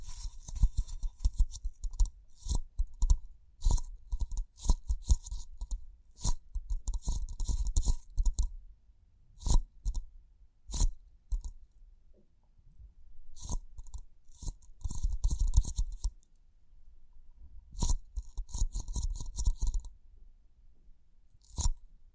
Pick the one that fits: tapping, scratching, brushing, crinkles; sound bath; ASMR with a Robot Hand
tapping, scratching, brushing, crinkles